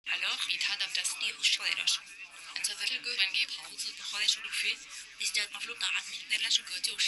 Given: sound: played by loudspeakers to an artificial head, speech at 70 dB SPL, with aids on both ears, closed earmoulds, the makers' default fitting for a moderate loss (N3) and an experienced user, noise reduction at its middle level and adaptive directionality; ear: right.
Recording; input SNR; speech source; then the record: speech test signal (ISTS) in cocktail-party noise; +6 dB; in front (0 degrees)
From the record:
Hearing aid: class 2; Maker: H